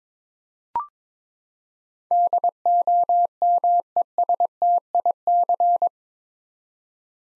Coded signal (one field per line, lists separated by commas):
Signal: Morse code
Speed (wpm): 22 wpm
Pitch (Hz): 700 Hz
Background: none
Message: DOMESTIC